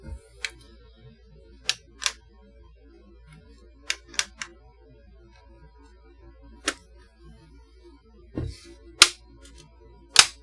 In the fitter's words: so now they're snapped in it shouldn't make noise when we open it